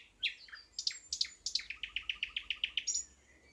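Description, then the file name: Thrush nightingale phrase of loud, sharp notes building into a quick, even train of several repeated notes, closed by a thin high whistle. "thrush nightingale - luscinia luscinia"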